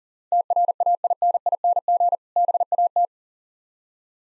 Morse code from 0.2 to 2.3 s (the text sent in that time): TRAINING